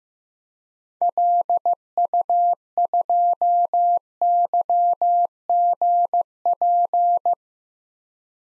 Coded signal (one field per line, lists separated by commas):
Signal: Morse code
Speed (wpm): 15 wpm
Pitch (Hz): 700 Hz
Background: none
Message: LU2YGP